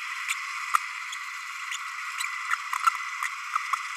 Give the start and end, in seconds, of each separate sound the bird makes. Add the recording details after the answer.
0.29-0.34, 1.71-1.77. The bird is a male. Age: 30 days. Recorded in a nest box in Venezuela. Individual 17B32A6